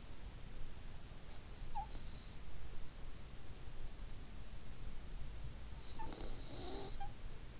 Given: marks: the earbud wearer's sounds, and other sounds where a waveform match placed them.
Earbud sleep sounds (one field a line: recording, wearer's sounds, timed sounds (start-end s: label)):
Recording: sounds in sleep by an in-ear microphone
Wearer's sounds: snoring breath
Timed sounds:
1.34-2.90 s: snoring breath
5.63-7.60 s: snoring breath